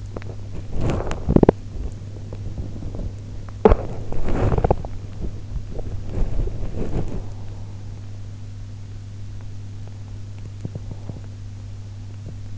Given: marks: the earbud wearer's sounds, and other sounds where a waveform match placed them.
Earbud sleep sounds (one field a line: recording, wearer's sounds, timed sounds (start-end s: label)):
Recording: sounds in sleep by an in-ear microphone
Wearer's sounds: teeth grinding, swallowing, body movement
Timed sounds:
0.00-1.60 s: teeth grinding
1.60-3.60 s: swallowing
3.60-4.84 s: teeth grinding
4.84-8.26 s: body movement
9.35-12.58 s: teeth grinding